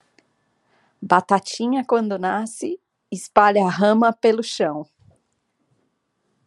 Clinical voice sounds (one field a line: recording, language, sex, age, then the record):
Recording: short text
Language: Brazilian Portuguese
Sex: female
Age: 30 to 39 years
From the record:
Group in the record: control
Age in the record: 38 years